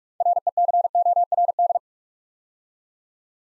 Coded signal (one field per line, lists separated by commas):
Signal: Morse code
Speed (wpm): 47 wpm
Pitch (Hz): 700 Hz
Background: none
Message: RECORD